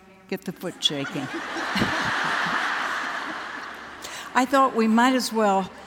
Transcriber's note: laughter